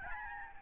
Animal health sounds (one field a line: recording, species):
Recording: mosquito wingbeat signal from an infrared sensor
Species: Aedes albopictus